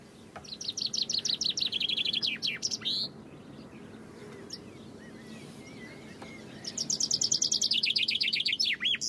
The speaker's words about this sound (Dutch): De zangpiek is voorbij, maar nog steeds zingen de vogels alsof hun leven ervan afhangt. Maar hoe houd je al die vrolijke zang en dat gekwetter uit elkaar?